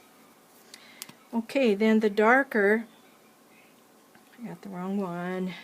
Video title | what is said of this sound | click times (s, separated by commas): Tools of the Trade Episode Three | okay same thing when I close it I put the logo up slide it in place until it clicks | 1.0 s